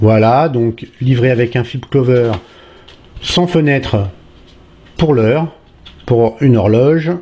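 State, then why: Not seated. Someone talks while an Ulefone Metal smartphone is handled and pressed toward the plastic shell of its windowless flip cover, with faint handling rustles between the speech. Nothing has seated or clicked yet; the clip ends just before the phone snaps into the cover.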